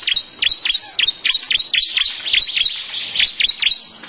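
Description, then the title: Lovebird chirping shrilly, fast and clipped. Long "ngekek panjang" song. "Audio Lovebird Ngekek Panjang Ciblek"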